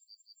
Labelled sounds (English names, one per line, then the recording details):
Yellowhammer song
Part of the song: start
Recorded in the Czech Republic on 21 April 2013
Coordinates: 49.037, 18.058
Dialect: BC
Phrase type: A76
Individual 274830